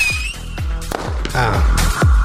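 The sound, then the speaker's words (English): A rapid string of fireworks going off: about half a dozen deep booming bursts, each followed by crackling, with a thin whistle at the very start. It is loud and continuous. “A little bit of a small budget there for the return of Russ Patzelt fireworks.”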